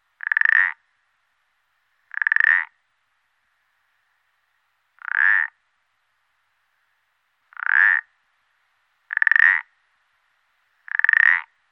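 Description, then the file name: Common parsley frog producing six brief rasping croaks spaced roughly one to three seconds apart, each a quick burst of clicks with a slight upward sweep, in otherwise quiet surroundings. "pelodyte ponctuee"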